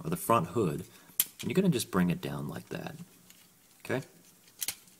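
Someone talks while folding the front hood and bumper section of a plastic Transformers Prime RiD Bulkhead transforming robot toy down toward its chest slot, with a few light plastic handling taps near the end. Nothing has seated or clicked yet.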